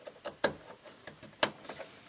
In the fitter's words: And it clicks into place.